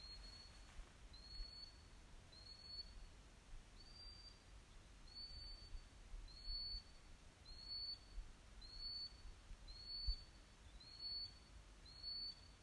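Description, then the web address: Bird giving a thin, high whistled note, repeated at a steady rate for the whole stretch, above a continuous low background rumble. Submitted with a question, 2020. "sporsmal 2020 nytt opptak fugl"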